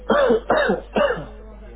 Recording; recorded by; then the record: voluntary cough; telephone call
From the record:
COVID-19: positive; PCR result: checked with the laboratory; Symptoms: no